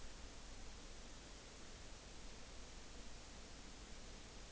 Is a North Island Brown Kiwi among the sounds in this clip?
no